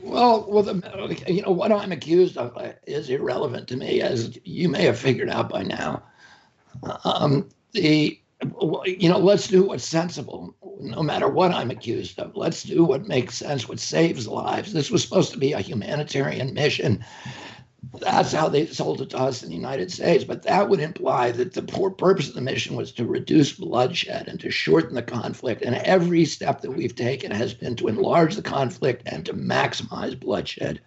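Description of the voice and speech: An adult man speaks in connected speech with a rough, creaky, strained voice and occasional pauses; the sound of his voice is due to the spasmodic dysphonia he suffers from.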